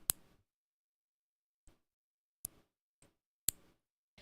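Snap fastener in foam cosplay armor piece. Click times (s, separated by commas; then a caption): 0.1 s, 2.4 s, 3.5 s. Fasteners set with hot glue into a foam cosplay armor piece are snapped together repeatedly, giving sharp, crisp clicks at 0.1, 2.5 and 3.5 seconds, with fainter ticks between them. Each fastener seats with a nice snappy click and holds fairly strong.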